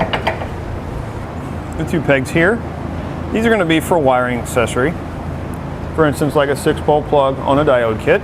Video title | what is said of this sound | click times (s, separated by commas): etrailer - Setting up the Roadmaster Crossbar-Style Base Plate Kit on a 2018 Chevrolet Spark | simply push it in until the ring depresses or the pin depresses, and then twist until it locks into place. | 0.0 s, 0.1 s, 0.3 s